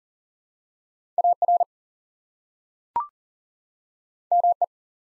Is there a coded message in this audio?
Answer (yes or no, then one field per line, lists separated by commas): yes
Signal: Morse code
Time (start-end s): 1.2-4.6 s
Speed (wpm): 40 wpm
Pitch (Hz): 700 Hz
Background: none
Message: AR ME